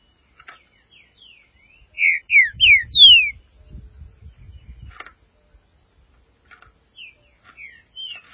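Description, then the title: Green-winged saltator singing a phrase of four strong whistled notes, each sliding down, then scattered soft clicks and short whistles. "Trinca Ferro"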